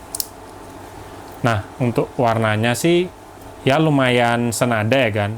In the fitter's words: Bagian bawahnya juga kita pasang. Pokoknya sampai bunyi klik.